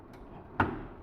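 A capture card is pushed into the PCIe slot on a desktop PC's motherboard. After a quiet stretch, a sharp click sounds at 0.6 seconds, then fades. The card is seated firmly and should no longer wobble.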